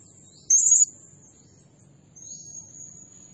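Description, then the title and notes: Blue-crowned hanging parrot making one brief, piercing, high buzzy burst, followed by a thin, steady high whistle against a low background hum. Lure and training recording of energetic, continuously singing ('nembak gacor') blue-crowned hanging parrot, used to provoke other birds and as a bird-trapping lure. "Burung Serindit Nembak Gacor Bikin Emosi Semua Burung. Suara Nasteran Dan Pemikat Burung Serinditan Gacor"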